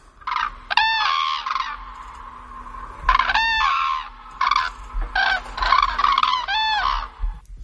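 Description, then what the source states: Common crane trumpeting: loud, rolling bugled calls rich in harmonics, delivered in several bursts separated by short quiet gaps. Crane calls, described as trumpeting.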